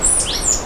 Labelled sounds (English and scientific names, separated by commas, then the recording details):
Stitchbird (Notiomystis cincta) song
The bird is a male
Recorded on Tiritiri Matangi Island, New Zealand, in 2005
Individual 9, of nest box 11